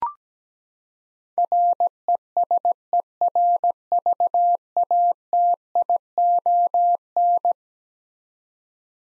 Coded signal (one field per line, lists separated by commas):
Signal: Morse code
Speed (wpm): 17 wpm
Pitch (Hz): 700 Hz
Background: none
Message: RESERVATION